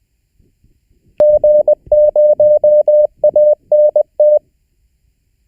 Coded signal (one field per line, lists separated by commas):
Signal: Morse code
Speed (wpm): 20 wpm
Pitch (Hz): 600 Hz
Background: none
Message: G0ANT